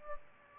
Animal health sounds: mosquito wingbeat signal from an infrared sensor; Aedes aegypti

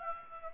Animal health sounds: mosquito wingbeat signal from an infrared sensor; Aedes aegypti

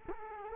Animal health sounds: mosquito wingbeat signal from an infrared sensor; Culex quinquefasciatus

